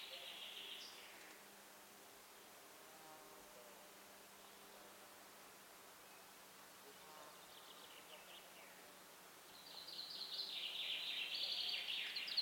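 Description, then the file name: Common chaffinch singing: a short bright burst at the start, a quieter phrase midway, then a longer, louder run of high notes near the end over steady background hiss. "Fringilla coelebs"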